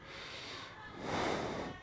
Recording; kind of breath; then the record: one breath in and out by a microphone near the nose and mouth; normal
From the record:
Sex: male